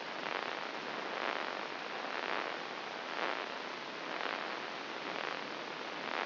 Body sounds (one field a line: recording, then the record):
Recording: brain microelectrode recording played as sound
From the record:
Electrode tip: inside the subthalamic nucleus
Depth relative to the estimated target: 2 mm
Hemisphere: right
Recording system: AlphaMap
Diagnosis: Parkinson's disease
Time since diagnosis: 8 years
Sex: male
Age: 57 years